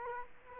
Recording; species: mosquito wingbeat signal from an infrared sensor; Culex quinquefasciatus